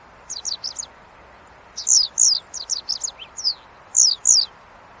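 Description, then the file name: Japanese wagtail calling in rapid bursts of high, downward-slurred chips, some doubled and louder, delivered in quick irregular runs over low background hiss. "Golosa ptic - YAponskaya tryasoguzka Motacilla grandis"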